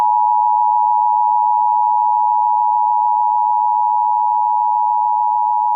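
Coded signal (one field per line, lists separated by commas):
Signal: Emergency Alert System (SAME) tones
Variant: 853 and 960 Hz attention tone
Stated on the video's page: Mock EAS Required Monthly Test for Texas via IPAWSCAP, with valid tones and text-to-speech voices.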